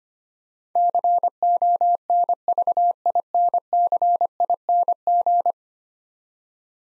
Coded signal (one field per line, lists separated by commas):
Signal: Morse code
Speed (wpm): 25 wpm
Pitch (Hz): 700 Hz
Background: none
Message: CONVINCING